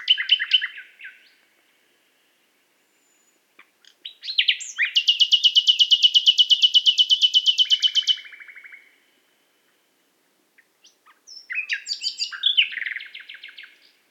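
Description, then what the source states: Nightingale song with a long, very fast rattling trill lasting about four seconds, a lower trill tail, then a silence and a burst of varied notes. Qatar.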